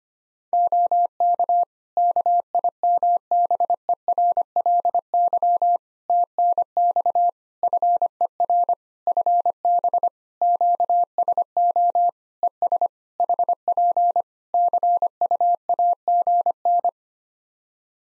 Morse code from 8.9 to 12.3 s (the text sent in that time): FB QSO